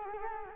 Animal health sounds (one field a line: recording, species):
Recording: mosquito wingbeat signal from an infrared sensor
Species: Culex quinquefasciatus